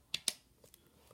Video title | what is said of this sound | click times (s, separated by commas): Transformers SIEGE War For Cybertron Leader SHOCKWAVE Review Part 1/2 | going to those two right there on the back and just clicks into place | 0.1 s, 0.3 s